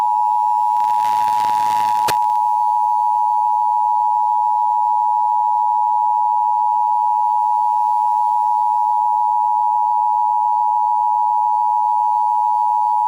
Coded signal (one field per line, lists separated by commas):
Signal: Emergency Alert System (SAME) tones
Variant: 853 and 960 Hz attention tone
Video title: Game Boy Advance Super Mario ADVANCE Emergency Alert System Nuclear Bomb Attack